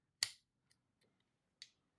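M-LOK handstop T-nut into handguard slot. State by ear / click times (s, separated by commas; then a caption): not seated / none. An M-LOK handstop's T-nut is rotated into the handguard slot on the rail of an ITP Groza 12 airsoft bullpup shotgun, making a sharp plastic-like snap near 0.2 seconds, faint ticks around 0.7 to 1.2 seconds, and a second, softer snap near 1.6 seconds. The nut has not seated fully yet.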